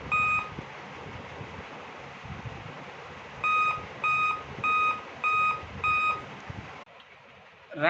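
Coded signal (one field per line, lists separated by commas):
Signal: beep code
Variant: Dell laptop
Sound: five short equal beeps, evenly spaced, about half a second apart, over room noise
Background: room noise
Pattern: 5 short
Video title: Dell laptop beep sound black screen issue repair #kanchipuram #service #laptoprepair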